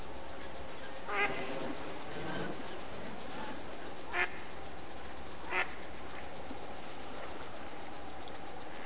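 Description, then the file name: Cricket keeps up a dense, regular high trill of chirps, with a few short, faint sounds in the background. "ducks frogs crickets"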